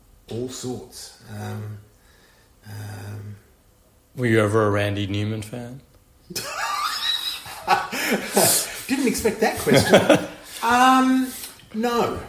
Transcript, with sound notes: all sorts…
Were you ever a Randy Newman fan?
[laughs] Didn’t expect that question. Um, no.